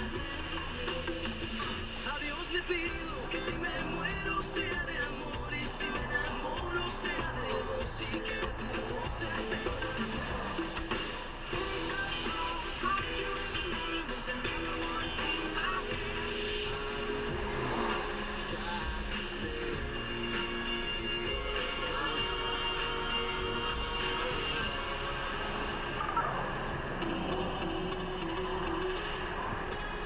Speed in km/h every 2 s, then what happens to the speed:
0, 0, 1, 0, 0, 0, 0, 0, 0, 1, 0, 0, 0, 0, 0.
0-30 standing.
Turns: none.